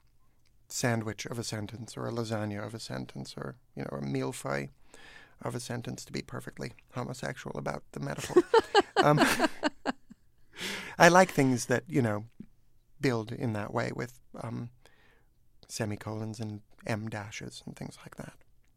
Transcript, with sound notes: sandwich of a sentence or a lasagna of a sentence or, you know, or (unintelligible) of a sentence, to be perfectly homosexual about the metaphor.
(SOUNDBITE OF LAUGHTER)
I like things that, you know, build in that way with semi-colons and em-dashes and things like that.